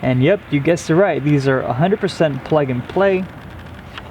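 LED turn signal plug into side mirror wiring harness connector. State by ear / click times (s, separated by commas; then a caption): seated / 4.0 s. The plug-and-play wiring connector of an LED turn signal for a Toyota Tacoma is pushed into the truck's side mirror wiring harness connector while someone talks. One short, sharp click is heard at 3.9 s as the connector latches and seats.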